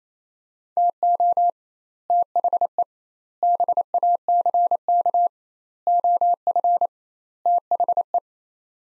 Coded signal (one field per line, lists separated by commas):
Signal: Morse code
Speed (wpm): 27 wpm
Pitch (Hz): 700 Hz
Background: none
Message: TO THE BACK OF THE